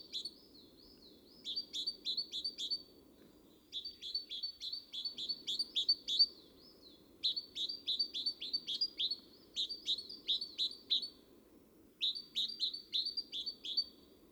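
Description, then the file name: Great tit giving several bursts of quick, piercing two-note phrases separated by short silences. A faint low hum runs throughout. "Parus major"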